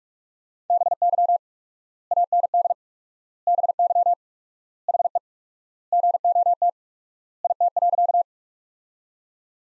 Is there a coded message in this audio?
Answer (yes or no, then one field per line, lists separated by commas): yes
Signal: Morse code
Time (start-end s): 0.7-8.2 s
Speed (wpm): 42 wpm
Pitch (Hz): 700 Hz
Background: none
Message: BY AND BY HE GOT IT.